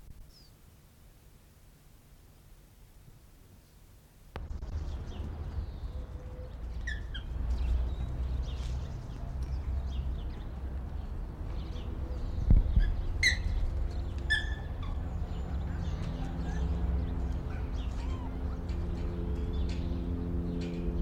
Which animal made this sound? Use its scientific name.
Macaca fuscata